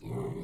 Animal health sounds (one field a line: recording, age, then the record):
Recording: pig call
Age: weaner (32 to 43 days)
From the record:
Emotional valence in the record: negative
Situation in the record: novel object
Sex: female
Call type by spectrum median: low-frequency call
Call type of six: low-frequency stable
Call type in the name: low-frequency stable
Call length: 0.44 s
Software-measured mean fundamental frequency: 61 Hz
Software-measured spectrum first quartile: 143 Hz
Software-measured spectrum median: 280 Hz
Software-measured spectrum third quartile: 469 Hz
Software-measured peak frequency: 141 Hz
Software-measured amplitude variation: 129 dB a second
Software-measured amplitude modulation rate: 25.1 a second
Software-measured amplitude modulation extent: 5.1 dB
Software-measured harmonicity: 2.2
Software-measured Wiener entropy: -0.15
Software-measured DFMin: 1104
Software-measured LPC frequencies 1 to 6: 367, 964, 2114, 3772, 6275, 7067 Hz